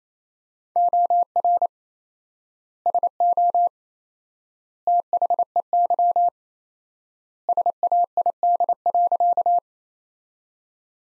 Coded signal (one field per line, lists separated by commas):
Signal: Morse code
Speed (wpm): 28 wpm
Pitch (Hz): 700 Hz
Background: none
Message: OR SO THEY SAID.